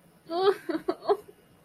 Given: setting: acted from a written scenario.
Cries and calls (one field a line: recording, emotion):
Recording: vocal sound without words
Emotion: sympathy